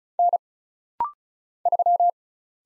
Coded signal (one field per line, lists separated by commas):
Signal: Morse code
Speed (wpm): 36 wpm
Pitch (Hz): 700 Hz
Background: none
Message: N 3